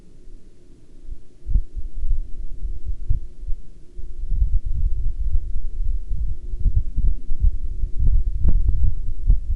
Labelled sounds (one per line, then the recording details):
wind
aircraft
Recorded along the Dalton Highway, Alaska, on 16 October 2019 at 08:00
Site 07